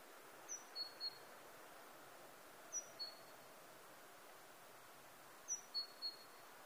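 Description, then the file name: Great tit calls: faint, high two- or three-note phrases stepping down in pitch, given in three bursts about every two and a half seconds over a steady background hiss. "Parus major"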